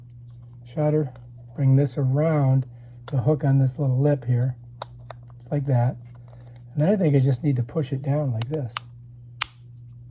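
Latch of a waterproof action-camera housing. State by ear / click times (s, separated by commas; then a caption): seated / 9.4 s. Someone talks while hooking the back-door latch of a plastic waterproof housing for a GoPro Hero 10 and 11 action camera over its lip and pressing it down. A single sharp snap at 9.4 s marks the latch seating shut.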